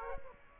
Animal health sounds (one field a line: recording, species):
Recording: mosquito wingbeat signal from an infrared sensor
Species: Aedes aegypti